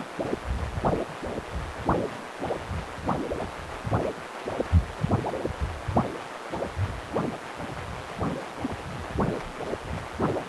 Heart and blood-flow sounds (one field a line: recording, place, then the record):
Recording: Doppler ultrasound of blood flow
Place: precordium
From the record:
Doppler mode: continuous wave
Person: healthy adult, 18 to 50 years, no heart murmur, not diving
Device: 2.5 MHz transducer